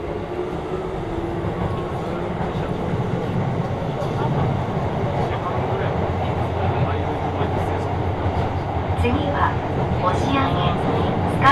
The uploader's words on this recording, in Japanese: 耳で楽しむ鉄道旅 北総鉄道→都営浅草線 東松戸→人形町。正確には京成高砂から京成本線と京成押上線を通って都営浅草線に入ります。